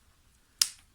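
The small tabs on the spring-loaded chain tensioner at the bar mount of a Makita battery pruning chainsaw are pressed down. At 0.6 s the tensioner releases with one sharp, bright snap that decays quickly, flicking the spring back.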